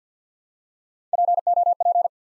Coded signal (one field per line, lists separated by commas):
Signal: Morse code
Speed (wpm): 49 wpm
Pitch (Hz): 700 Hz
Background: none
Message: P O P